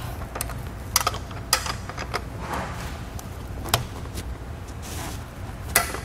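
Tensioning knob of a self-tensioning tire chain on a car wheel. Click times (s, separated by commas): 1.0 s, 1.5 s, 3.7 s, 5.8 s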